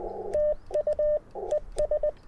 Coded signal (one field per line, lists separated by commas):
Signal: Morse code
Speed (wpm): 20 wpm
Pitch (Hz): 590 Hz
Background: none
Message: TU ES